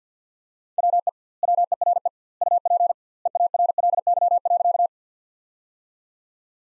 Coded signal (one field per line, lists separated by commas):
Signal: Morse code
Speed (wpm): 50 wpm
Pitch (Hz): 700 Hz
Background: none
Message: WE WERE UP EARLY.